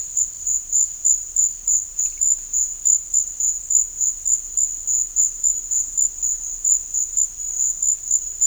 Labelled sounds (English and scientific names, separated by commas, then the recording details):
none
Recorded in dense forest near Puerto Asís, Putumayo, Colombia, on 18 December 2024 at 12:00
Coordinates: 0.484, -76.325
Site G056